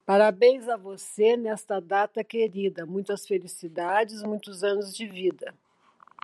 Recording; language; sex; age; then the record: short text; Brazilian Portuguese; female; 70 to 79 years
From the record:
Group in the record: control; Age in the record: 70 years